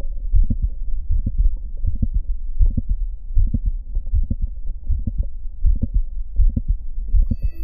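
Adult heart heard by stethoscope: a regular heartbeat near 80 a minute with two extra systolic clicks, an atypical auscultatory sign of mitral valve prolapse. The clicks likely arise because several segments of the mitral leaflets prolapse, each segment producing its own click.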